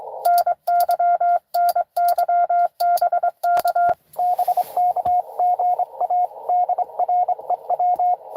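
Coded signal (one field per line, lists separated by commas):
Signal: Morse code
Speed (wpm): 23 wpm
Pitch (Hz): 720 Hz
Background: radio noise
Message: NY NY BK BK GA DREW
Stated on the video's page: Live Parks on the Air activation in CW.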